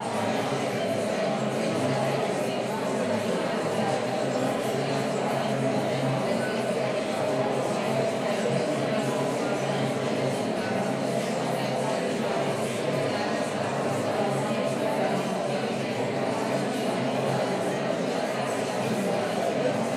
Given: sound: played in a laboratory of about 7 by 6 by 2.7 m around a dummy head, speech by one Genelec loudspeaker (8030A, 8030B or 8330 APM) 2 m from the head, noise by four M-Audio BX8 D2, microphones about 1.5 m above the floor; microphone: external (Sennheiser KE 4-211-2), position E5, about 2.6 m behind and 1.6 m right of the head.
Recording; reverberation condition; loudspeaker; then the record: babble noise; high; four, about 170 cm from the corners of the room and facing them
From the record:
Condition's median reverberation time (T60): about 1300 ms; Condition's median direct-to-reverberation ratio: about -4.0 dB